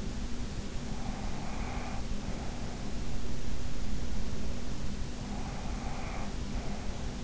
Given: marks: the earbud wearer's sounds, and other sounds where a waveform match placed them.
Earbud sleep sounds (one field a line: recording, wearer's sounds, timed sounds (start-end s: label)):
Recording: sounds in sleep by an in-ear microphone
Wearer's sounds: breath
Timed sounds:
0.95-2.72 s: breath
5.13-7.24 s: breath